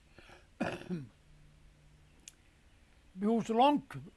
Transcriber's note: clears throat